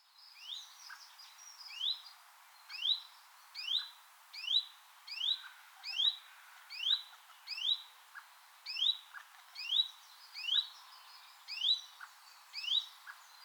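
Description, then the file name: Common blackbird repeating short, thin upslurred notes, roughly one a second, over faint background hiss. "Turdus merula"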